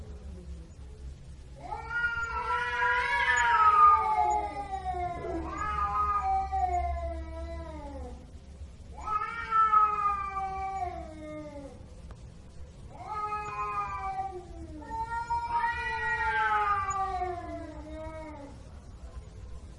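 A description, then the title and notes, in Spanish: A cat meows over and over in long, drawn-out calls, about five of them in twenty seconds, each rising and then sliding down in pitch with a whiny, wavering tone. A low steady rumble runs underneath, strongest in the first eight seconds. Aullido. Sonidos de Gatos.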